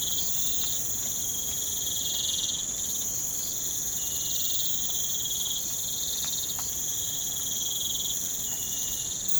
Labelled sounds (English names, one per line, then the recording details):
none
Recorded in pastures near Puerto Asís, Putumayo, Colombia, on 25 June 2025 at 04:30
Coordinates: 0.472, -76.331
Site G095